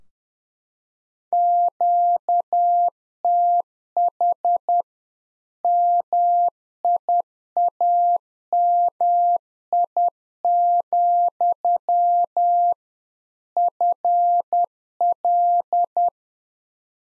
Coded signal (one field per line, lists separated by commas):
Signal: Morse code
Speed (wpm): 10 wpm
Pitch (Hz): 700 Hz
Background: none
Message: QTH MIAMI, FL